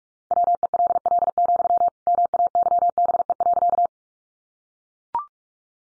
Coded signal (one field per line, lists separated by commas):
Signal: Morse code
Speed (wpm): 44 wpm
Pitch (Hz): 700 Hz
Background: none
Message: WELL, MAYBE.